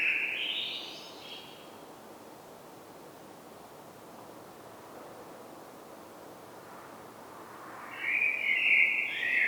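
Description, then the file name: Common blackbird song: a short phrase near the start and another near the end, with a long quiet gap of background hiss between them. "Turdus merula"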